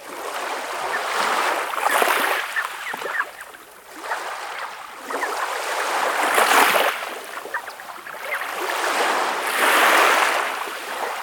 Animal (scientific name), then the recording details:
Calidris canutus. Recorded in the wild. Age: adult. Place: Kloster, Insel Hiddensee, Mecklenburg-Vorpommern, DE. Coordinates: 54.5826, 13.1013. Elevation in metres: 0. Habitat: sea coast. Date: 2023-09-09 06:27. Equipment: Olympus LS, internal mics, 300 Hz HP. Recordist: Frommolt, Karl-Heinz